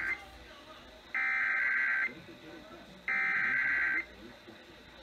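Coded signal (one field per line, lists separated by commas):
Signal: Emergency Alert System (SAME) tones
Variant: header bursts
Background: speech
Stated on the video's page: EAS Required Weekly Tests from two broadcast radio stations.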